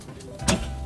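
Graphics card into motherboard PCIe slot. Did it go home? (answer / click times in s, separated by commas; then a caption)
yes / 0.5 s. A dual-slot Intel Arc A770 graphics card is lined up with the motherboard's PCIe slot inside a PC case and pushed down, with a faint tap at 0.2 s. A sharp click at 0.5 s marks the card seating, and it is confirmed seated in the slot.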